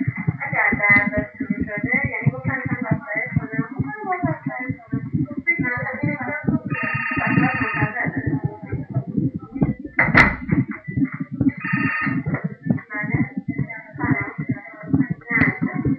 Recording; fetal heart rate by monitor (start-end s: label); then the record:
fetal heart sounds by stethoscope on the mother's abdomen
0.00-10.00 s: 135 bpm
10.00-15.99 s: 137 bpm
From the record:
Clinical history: preeclampsia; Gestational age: 32 weeks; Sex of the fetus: boy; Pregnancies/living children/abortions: 3/1/1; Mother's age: 30 years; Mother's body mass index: 25.7